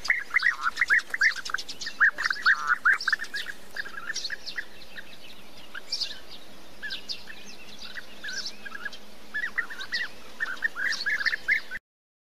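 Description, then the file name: European bee-eater burry calls, dense in the first three seconds, then sparser and softer, picking up again near the end over low steady background noise. "Canto do Abelharuco"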